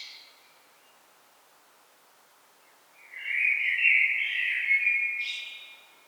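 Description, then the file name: Common blackbird singing one long phrase of mellow, fluty notes that breaks into a high scratchy twitter near the end, after a quiet pause. "Turdus merula"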